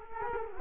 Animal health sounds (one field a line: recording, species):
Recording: mosquito wingbeat signal from an infrared sensor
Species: Culex quinquefasciatus